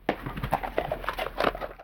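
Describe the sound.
Pet eating: irregular crunching and chewing noises for about two seconds.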